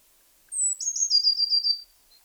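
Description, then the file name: Eurasian blue tit: a thin, high opening note sliding into a rapid, slightly falling chatter of trilled notes, with a faint short note just after. "Cyanistes caeruleus"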